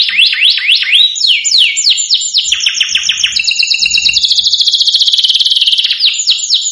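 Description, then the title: Domestic canary song: several looping downward whistles give way to a long, very rapid, high rattling trill, then more sweeping notes. Belgian canary song played to excite other canaries, making them agitated so they respond and start singing. "Canto Para Esquentar Canário Belga. Suara Kenari Bikin Emosi & Langsung Nyaut"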